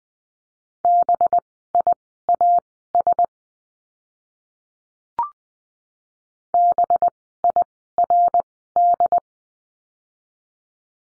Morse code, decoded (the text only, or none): BIAS BIRD